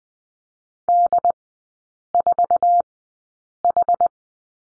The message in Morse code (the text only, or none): D4H